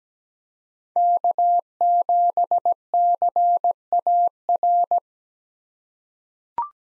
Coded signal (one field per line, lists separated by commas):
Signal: Morse code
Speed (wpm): 17 wpm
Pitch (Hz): 700 Hz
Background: none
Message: K7CAR